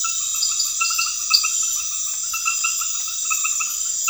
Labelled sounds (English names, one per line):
none